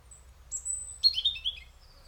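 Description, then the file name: European robin song: one long, thin, very high whistle, then a quick tumble of descending twittered notes. "Erithacus rubecula"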